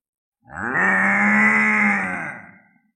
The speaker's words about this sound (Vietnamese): Trâu lớn lưng vàng phát ra tiếng rống như sấm rền, nó đang bị giày vò, nội tâm vô cùng sợ hãi.